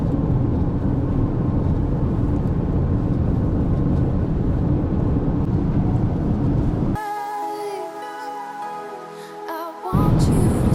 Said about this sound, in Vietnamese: Cái kiến xe của mình nó thấy bắt đầu có những cái đất rồi đó. Rồi tụi mình đi qua khu bão á. Đang giữa khu bão là bão đất á. Bão đất. Chỉ có trong sa mạc thì có thôi. Đó, mình là vô trong bão luôn rồi nè.